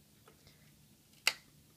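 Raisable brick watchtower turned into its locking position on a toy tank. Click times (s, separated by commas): 1.3 s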